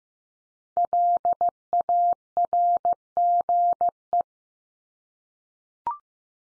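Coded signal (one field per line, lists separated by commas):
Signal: Morse code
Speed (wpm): 15 wpm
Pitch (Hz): 700 Hz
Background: none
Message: LARGE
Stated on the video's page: Computer-generated Morse head-copy drill of the 500 most common English words at 15 wpm, each word sent three times, then spoken, then sent again.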